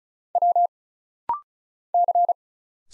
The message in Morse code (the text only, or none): W C